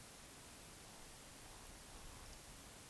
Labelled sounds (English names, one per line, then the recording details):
Eurasian Woodcock whistle
Eurasian Woodcock croak
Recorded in Baden-Württemberg, Germany, on 20 May 2021 at 19:54 UTC
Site 24606, 635 m above sea level